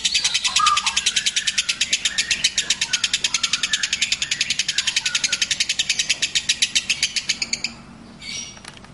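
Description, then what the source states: Lovebird long trill of rapid, regular high pulses sustained for over seven seconds, then stopping abruptly, followed by a faint brief whistle. Master song recording of lovebird ngekek, the long trilling style, called among the longest, used as kicau pancingan, a lure song to prompt other birds.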